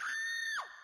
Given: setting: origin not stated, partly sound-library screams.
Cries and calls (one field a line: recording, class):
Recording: one-second piece from a danger detection set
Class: woman in danger